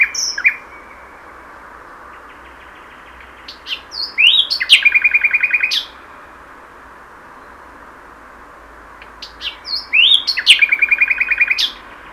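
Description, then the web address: Common nightingale singing two phrases separated by a long pause, each mixing sharp whistled notes with a fast rattling trill of repeated elements. "SETE Luscinia megarhynchos"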